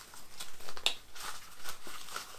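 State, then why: Seated. A plastic buckle clip is pushed into its receiver while a chest rig is being set up, with soft rustling and handling noise around it. A sharp click at 0.9 seconds marks the buckle seating into place.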